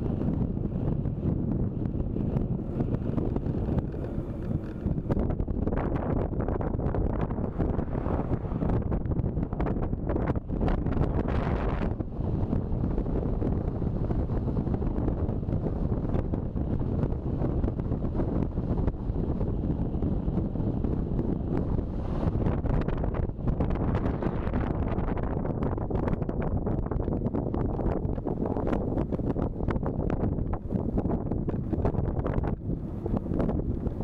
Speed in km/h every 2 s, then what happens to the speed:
31, 27, 23, 21, 21, 23, 24, 25, 25, 26, 25, 28, 25, 26, 26, 26, 25.
0-5 slows to 21. 5-34 steady at about 25.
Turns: 6-10, 21-25.